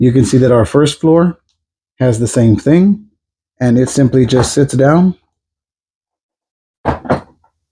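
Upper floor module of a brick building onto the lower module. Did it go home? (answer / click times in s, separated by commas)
yes / 7.1 s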